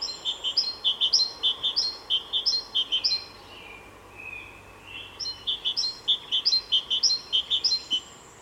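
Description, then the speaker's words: Great tit song: bright two-note phrases repeated rapidly in a rollicking series, pausing briefly midway before resuming, with faint background hiss. Rollicking song; recorded in France. "Here's the rollicking song of a great tit."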